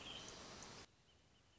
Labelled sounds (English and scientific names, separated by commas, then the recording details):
Wrentit (Chamaea fasciata)
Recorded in Sonoma County, California